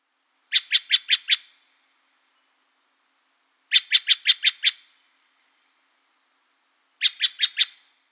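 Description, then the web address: Steller's jay giving harsh, rasping calls in three quick bursts of several notes each, spaced about three seconds apart, with quiet between. "comment chante la geai a tete noire de steller"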